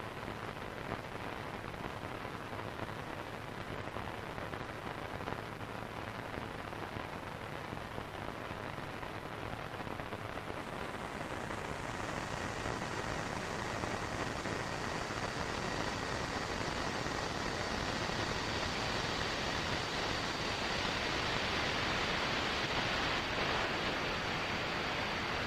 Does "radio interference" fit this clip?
yes